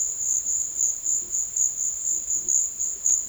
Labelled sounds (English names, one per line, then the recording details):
none
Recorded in secondary vegetation near Puerto Asís, Putumayo, Colombia, on 12 March 2025 at 15:30
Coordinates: 0.488, -76.319
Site G095